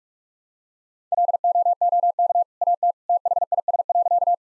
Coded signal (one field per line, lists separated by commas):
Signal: Morse code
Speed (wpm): 43 wpm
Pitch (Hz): 700 Hz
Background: none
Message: LOOK AT THIS.